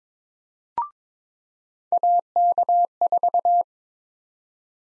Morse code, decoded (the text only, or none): AK4